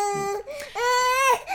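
An infant cries in the background.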